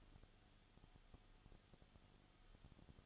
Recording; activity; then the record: daily activity, microphone in the room; no activity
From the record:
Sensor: 4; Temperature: 22.7 degrees Celsius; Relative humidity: 31.7%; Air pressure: 995.4 hPa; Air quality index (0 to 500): 158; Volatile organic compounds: 2 ppm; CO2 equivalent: 1256 ppm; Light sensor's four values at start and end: 2/3/1/1 and 2/3/1/1